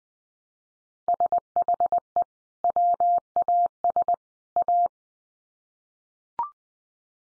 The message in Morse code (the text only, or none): SHE WAS A